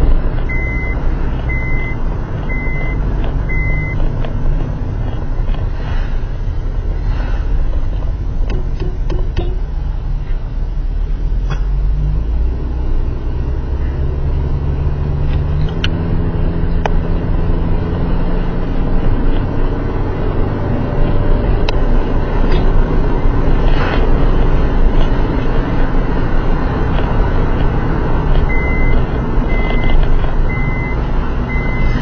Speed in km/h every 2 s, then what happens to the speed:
32, 29, 25, 19, 16, 16, 19, 28, 33, 38, 43, 46, 48, 49, 43, 39.
0-10 slows to 16. 10-27 speeds up to 49. 27-32 slows to 39.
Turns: none.